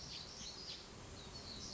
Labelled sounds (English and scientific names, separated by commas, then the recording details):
Black-throated Gray Warbler (Setophaga nigrescens)
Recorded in Sonoma County, California